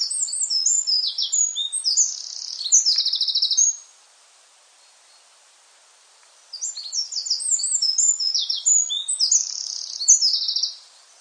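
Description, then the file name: Eurasian wren delivering two loud, high-pitched song bursts of fast trills and twittering notes, separated by a pause of about three seconds. "Scricciolo"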